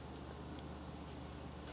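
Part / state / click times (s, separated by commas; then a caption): terminal pin into engine computer (PCM) connector / seated / 0.6 s. A crimped terminal pin for an added fan wire is pushed into a cavity of an engine computer (PCM) connector in a Tahoe during a clutch-fan-to-electric-fan conversion. A low steady hum continues as the pin is given a little push, and a sharp, short click at 0.6 s marks the pin seating in place. Faint ticks are heard near 0.2 s and 1.1 s.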